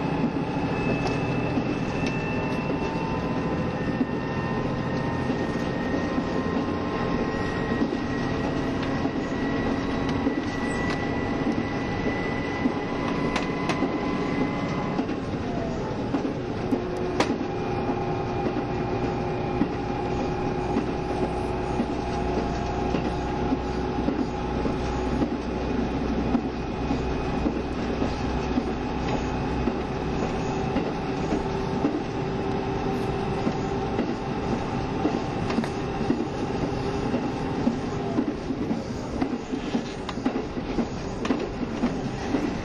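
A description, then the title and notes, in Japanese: Running sound from inside a KiHa 72 Yufuin no Mori diesel train, a steady, dense rumble with a droning engine tone throughout. Around fifteen seconds the engine note drops and changes pitch, settling into a lower hum, with another shift near thirty-eight seconds. キハ72系 ゆふいんの森06号01 由布院～うきは。走行音。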